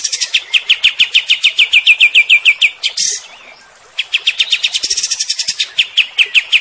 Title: Masteran Kapas Tembak Merdu. KAPAS Tembak Gacor Mbeset Rawatan Satu Bulan